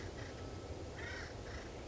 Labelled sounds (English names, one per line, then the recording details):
Acorn Woodpecker
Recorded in Sonoma County, California